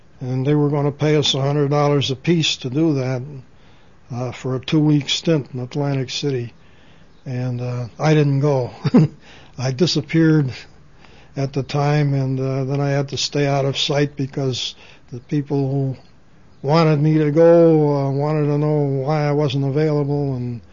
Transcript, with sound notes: And they were going to pay us a hundred dollars apiece to do that for a two-week stint in Atlantic City. And, uh, I didn't go. ( he laughs ) I disappeared at the time, and then I had to stay out of sight because the people who wanted me to go wanted to know why I wasn't available.